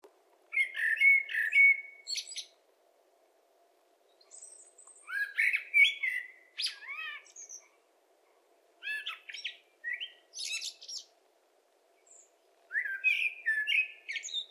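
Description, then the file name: Common blackbird singing fluty, rich phrases that break into squeaky high flourishes, several phrases with brief silences between them. "Turdus merula"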